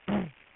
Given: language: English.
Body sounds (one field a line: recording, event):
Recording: throat vibration sensor signal played as sound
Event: throat clearing